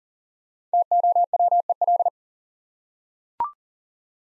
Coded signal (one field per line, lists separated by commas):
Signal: Morse code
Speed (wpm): 38 wpm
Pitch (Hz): 700 Hz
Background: none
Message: TOWEL